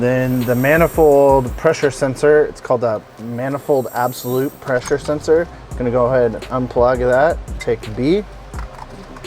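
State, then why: Not seated. Someone talks over background music while working on the manifold absolute pressure sensor of a 2020 Supra, unplugging its wiring plug to connect the harness connector of a Titan ProTune (early release unit) piggyback tuning module. A few brief, quiet transients occur near the end, around 8.6 s, 8.8 s and 9.2 s. The clip ends before the connector goes home, so nothing has seated or clicked yet.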